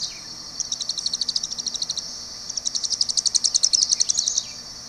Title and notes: Também conhecido como Alegrinho-do-leste. O Alegrinho (Serpophaga subcristata). pequeno papa-mosca arborícola do Brasil oriental